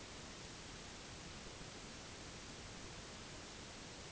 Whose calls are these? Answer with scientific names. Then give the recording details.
none. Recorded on Arctic tundra, site NAIT-1, on 1 July 2019. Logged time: 08:00